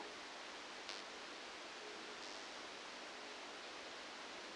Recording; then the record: brain microelectrode recording played as sound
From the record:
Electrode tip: outside the subthalamic nucleus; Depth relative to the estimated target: -8 mm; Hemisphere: left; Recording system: NeuroSet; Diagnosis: Parkinson's disease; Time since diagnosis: 9 years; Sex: female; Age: 51 years